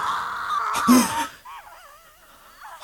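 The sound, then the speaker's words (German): A scream: a loud, strained cry peaks early, then trails into a wavering, high-pitched wail that rises and falls for a couple of seconds. No one speaks. “Der Schrei kam von dort hinten, würde ich sagen.”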